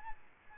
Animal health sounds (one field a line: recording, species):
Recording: mosquito wingbeat signal from an infrared sensor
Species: Aedes albopictus